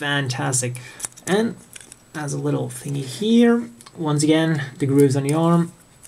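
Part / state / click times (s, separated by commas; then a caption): plastic shield onto model kit arm / not seated / none. A plastic shield is handled against the grooved arm of a 1/144 Unicorn Gundam Destroy Mode (Titanium Finish) plastic model kit while someone talks throughout. Nothing has seated or clicked yet.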